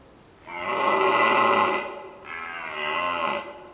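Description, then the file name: Red deer roars: a long rough bellow, then a second slightly weaker roar right after, both rich in harmonics. Recorded on Volovec hill, Slovakia. "Cervus Elaphus Slovakia hill Volovec"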